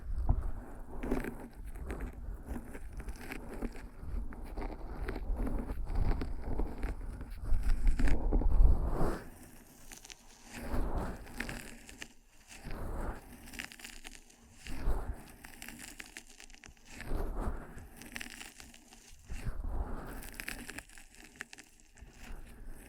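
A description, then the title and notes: ASMR ear massage sounds: dense rubbing and crinkling for the first nine seconds, thick with low muffled friction. After that the rubbing comes in separate slow strokes about every two seconds, each swelling and fading, with quiet pauses between them. ASMR 10 Ear Massages for Sleep (No Talking).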